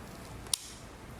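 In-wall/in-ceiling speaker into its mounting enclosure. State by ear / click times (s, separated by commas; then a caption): seated / 0.5 s. A Dynaudio in-wall/in-ceiling speaker is pushed by hand into its drywall mounting enclosure, and a single sharp click sounds at 0.5 s against quiet background noise. The speaker snaps into place and is seated, so it will not fall out of the enclosure.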